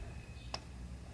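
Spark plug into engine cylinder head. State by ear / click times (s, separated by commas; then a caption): seated / 0.5 s. A spark plug on a Scion xB or xA is turned counterclockwise by hand in the engine cylinder head until its thread drops into the groove. A single faint, sharp click is heard at 0.5 s over a quiet, steady low background hum. The thread has started and the plug is seated.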